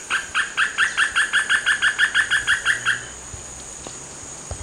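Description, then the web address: Bamboo Foliage-gleaner repeating harsh, evenly spaced notes rapidly for about three seconds, then falling silent while a shrill insect tone continues. Ecuador. "Birds of Ecuador. Bamboo Foliage-gleaner"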